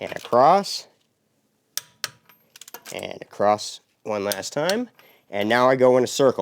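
A torque wrench tightens a wheel lug nut on a 2018 Nissan Maxima during a tire rotation, working across the star pattern while someone talks. The wrench clicks at its setting at 1.8 s and 2.0 s, followed by a few light metallic rattles, and the nut is torqued.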